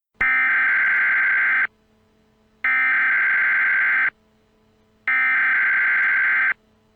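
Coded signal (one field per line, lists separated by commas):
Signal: Emergency Alert System (SAME) tones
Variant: header bursts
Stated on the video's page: Fictional EAS scenario, a simulated alert.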